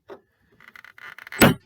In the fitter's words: until it clicks in place